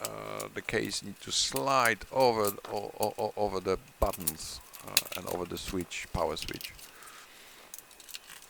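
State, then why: Seated. A plastic side case panel is slid onto a Sony Hi8 camcorder (CCD TR705E) body during a repair, passing over the buttons and power switch with the tripod plate engaging at the bottom, while someone talks. A few small plastic clicks and scrapes follow near the end, and the panel snaps into place at 8.2 s, seated.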